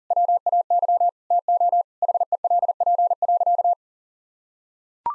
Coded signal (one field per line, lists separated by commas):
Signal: Morse code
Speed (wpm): 40 wpm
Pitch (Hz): 700 Hz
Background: none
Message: WAY TO HELP.